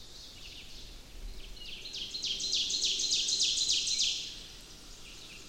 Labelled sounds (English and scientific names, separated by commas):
Ovenbird (Seiurus aurocapilla) song